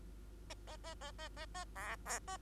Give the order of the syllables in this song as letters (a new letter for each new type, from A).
A A A A A A A B B A